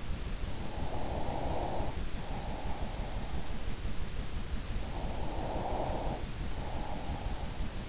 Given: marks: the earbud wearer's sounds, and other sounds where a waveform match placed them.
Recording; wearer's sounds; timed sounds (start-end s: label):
sounds in sleep by an in-ear microphone; breath
0.51-3.70 s: breath
4.70-7.89 s: breath